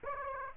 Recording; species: mosquito wingbeat signal from an infrared sensor; Aedes aegypti